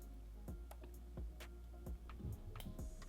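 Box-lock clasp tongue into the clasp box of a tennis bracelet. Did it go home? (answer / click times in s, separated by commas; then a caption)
no / none. The tongue of a plated metal tennis bracelet's box-lock clasp is handled near its clasp box, with small ticks and taps over background music. Nothing has seated or clicked yet.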